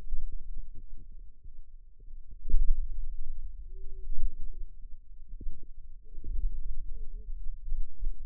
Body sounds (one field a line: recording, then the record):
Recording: forearm muscle sounds (acoustic myography)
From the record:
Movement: pen grasping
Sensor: system 2, bracelet of six BSWA MPA416 microphones around the upper forearm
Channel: 1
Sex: female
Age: 21 years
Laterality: right